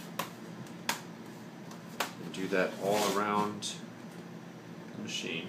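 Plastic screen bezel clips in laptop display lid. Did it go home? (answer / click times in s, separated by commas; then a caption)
released / 0.2 s, 0.9 s, 2.0 s. Fingers work along the plastic screen bezel of a Dell Inspiron N5040 laptop display lid, and its snap-in clips pop loose one after another with sharp clicks at 0.2, 0.9 and 2.0 seconds. Someone talks afterward, and the bezel clips are released.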